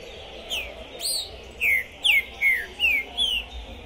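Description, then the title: Green-winged saltator song: a quick run of about seven clear whistled notes, most slurring downward, evenly spaced. Captive bird at a singing tournament entrance, warming up before a contest, chirping, singing and acting macho (macheando), described as 'possessed'; 2021; called a 'Pistoleiro' bird. "ESQUENTAR Seu TRINCA Piando, Cantando E Macheando Na DISPUTA. Esse TRINCA FERRO ficou POSSUÍDO na PORTA do TORNEIO! Trinca Ferro Pistoleiro 2021!"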